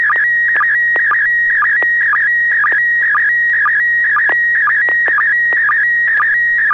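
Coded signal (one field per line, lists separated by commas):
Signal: SSTV (slow-scan television)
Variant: PD120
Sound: steady warbling high tone with regular short low sync blips and occasional clicks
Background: FM radio, low hum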